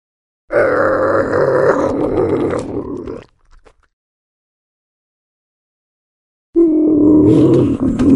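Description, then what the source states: Bobcat giving two long, harsh, droning yowls, the first almost three seconds and the second cut off by the end, steady in pitch with a rough buzzy edge, separated by about three seconds of silence. Bobcat roar.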